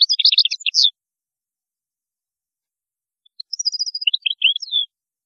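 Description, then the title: European goldfinch song: two fast phrases of bright, tinkling twitters ending in a downslurred note, separated by a gap of over two seconds. "Chant Chardonneret"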